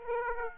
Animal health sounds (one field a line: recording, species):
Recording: mosquito wingbeat signal from an infrared sensor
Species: Aedes aegypti